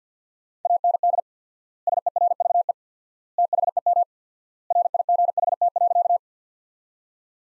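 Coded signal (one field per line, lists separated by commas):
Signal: Morse code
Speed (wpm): 48 wpm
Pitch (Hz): 700 Hz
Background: none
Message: AND SERVE THEM RIGHT.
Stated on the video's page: Morse practice of sentences built from the top 400 words at 50 wpm with 4x word spacing, a Farnsworth-like method applied to words.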